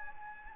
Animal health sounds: mosquito wingbeat signal from an infrared sensor; Anopheles gambiae

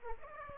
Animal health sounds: mosquito wingbeat signal from an infrared sensor; Aedes aegypti

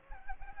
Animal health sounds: mosquito wingbeat signal from an infrared sensor; Aedes aegypti

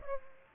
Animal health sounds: mosquito wingbeat signal from an infrared sensor; Aedes aegypti

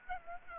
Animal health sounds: mosquito wingbeat signal from an infrared sensor; Aedes aegypti

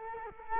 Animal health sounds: mosquito wingbeat signal from an infrared sensor; Culex quinquefasciatus

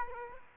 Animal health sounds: mosquito wingbeat signal from an infrared sensor; Aedes aegypti

